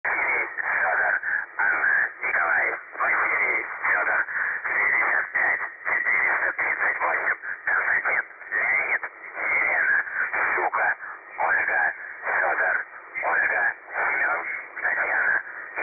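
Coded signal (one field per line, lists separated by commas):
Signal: numbers station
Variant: UVB-76 voice message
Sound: a voice through a narrow radio channel reading short words in steady rhythm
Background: radio static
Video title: The Buzzer/UVB-76 Voice Message (December 3, 2020 11:00 UTC)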